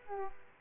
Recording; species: mosquito wingbeat signal from an infrared sensor; Culex quinquefasciatus